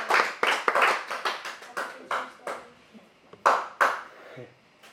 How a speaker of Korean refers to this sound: 사실 오늘 가장 축하받아야 될 우리 선생님은 뭐 우리 하나님 아니시겠습니까? 우리 하나님께 큰 박수를 감사드리겠습니다.